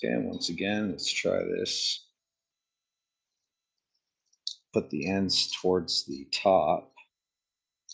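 Someone talks while fitting a retaining clip, ends turned toward the top, into its groove on the front end of a Kawasaki Ninja 650R during a front suspension rebuild. A short silence is broken by a brief sharp handling tap at about 4.5 s before the talking resumes. Nothing has seated or clicked yet.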